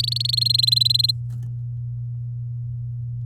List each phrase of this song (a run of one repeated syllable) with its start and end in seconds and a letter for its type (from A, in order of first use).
0.03-1.11 A